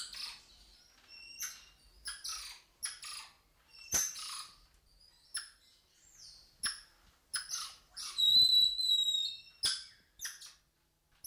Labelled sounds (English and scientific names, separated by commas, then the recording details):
Golden Lion Tamarin (Leontopithecus rosalia) call
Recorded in captivity
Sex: male
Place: Zoo Magdeburg, Sachsen-Anhalt, DE
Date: 1989-05-12 12:22
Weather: bedeckt, z.T. Regen, 12°C
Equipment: Sony WM-D6C, Kopie 19 cm
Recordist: Tembrock, Günter